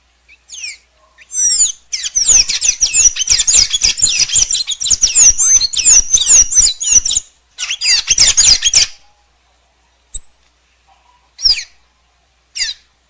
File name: canto da pipira azul